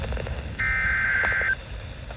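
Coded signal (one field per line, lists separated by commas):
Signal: Emergency Alert System (SAME) tones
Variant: header bursts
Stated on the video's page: EAS alerts received while camping.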